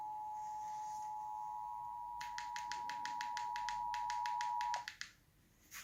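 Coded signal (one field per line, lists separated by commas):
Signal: Emergency Alert System (SAME) tones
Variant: 853 and 960 Hz attention tone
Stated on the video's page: Tornado warning issued by the National Weather Service for Butte, Colusa and Glenn counties, California.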